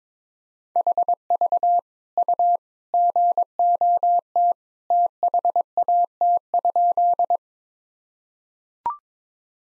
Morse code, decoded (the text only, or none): HV U GOT THAT?